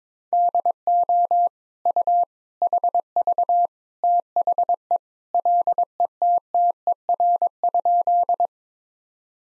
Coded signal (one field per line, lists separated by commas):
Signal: Morse code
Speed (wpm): 22 wpm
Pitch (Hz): 700 Hz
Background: none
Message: DO U HV THE LETTER?